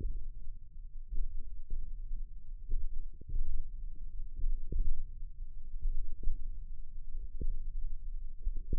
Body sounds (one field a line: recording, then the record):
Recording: forearm muscle sounds (acoustic myography)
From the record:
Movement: hand opening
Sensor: system 1, eight BSWA MPA416 microphones around the upper forearm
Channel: 6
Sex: female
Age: 21 years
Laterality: right